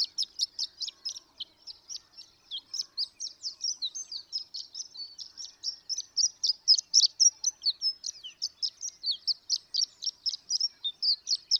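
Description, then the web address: Horned lark pouring out a long, fast, high-pitched tinkling song of rapid chips and short trills with hardly any pause. "birdsongforthecurious Horned Lark"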